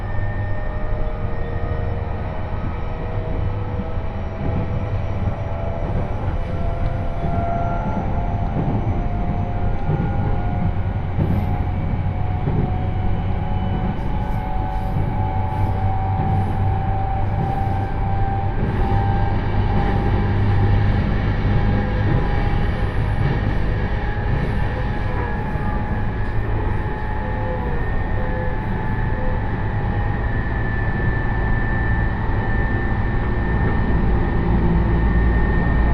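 Recorded on board a train on the line from Haranomachi to Tomioka, a steady low rumble of wheels and motor fills the whole ride. Drawn-out tones glide slowly, and from about 11 to 29 seconds faint high clicks and squeals flicker above the constant, dense noise.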